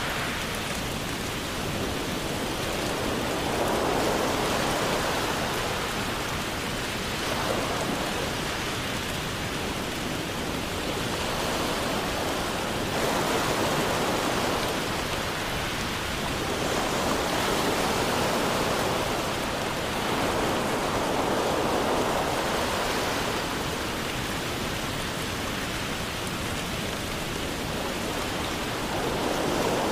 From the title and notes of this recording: Rain Sounds For Sleep + Ocean Waves.